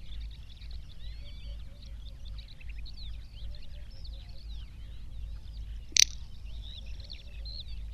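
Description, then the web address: Little bustard making a single short, sharp snorting call, set against busy high-pitched songbird twittering and constant low background noise. "Gallina prataiola"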